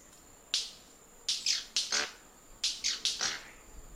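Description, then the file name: White-bearded manakin giving loud dry snaps, one alone then several quick clusters, over a quiet hissing background. Song; known locally in Portuguese as rendeira. "Canto da rendeira"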